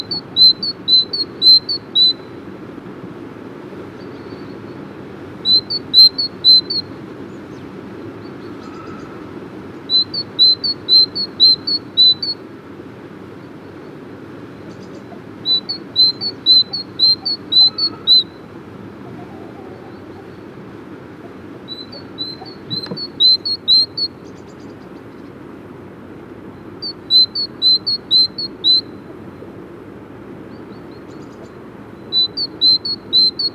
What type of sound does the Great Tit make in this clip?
song